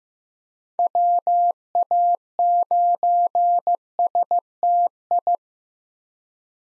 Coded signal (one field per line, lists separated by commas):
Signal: Morse code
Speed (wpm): 15 wpm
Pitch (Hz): 700 Hz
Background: none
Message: WA9STI